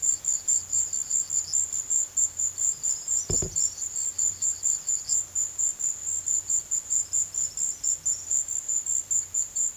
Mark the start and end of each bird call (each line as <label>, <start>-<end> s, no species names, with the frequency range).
bird call (3.3-6.5 kHz), 3.14-3.81 s
bird call (4.3-6.2 kHz), 6.39-8.24 s